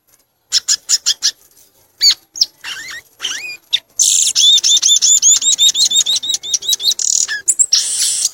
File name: canto do gaturamo verdadeiro